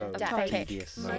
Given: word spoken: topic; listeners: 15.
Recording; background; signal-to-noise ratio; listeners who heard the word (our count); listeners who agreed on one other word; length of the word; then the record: one English word in noise, from a listening test; four-talker babble; -3.0 dB; 0 of 15; 6 of 15; 0.79 s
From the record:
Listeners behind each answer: 6, 2, 1, 1, 1, 1, 1, 1, 1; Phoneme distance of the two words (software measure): 44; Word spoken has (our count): 2 syllables, 5 phonemes, stress on syllable 1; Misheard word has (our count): 2 syllables, 5 phonemes, stress on syllable 2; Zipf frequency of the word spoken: 3.83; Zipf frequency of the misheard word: 3.82